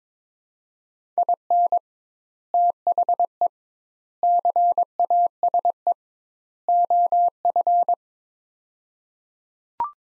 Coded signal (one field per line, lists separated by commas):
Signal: Morse code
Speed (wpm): 22 wpm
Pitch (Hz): 700 Hz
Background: none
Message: IN THE CASE OF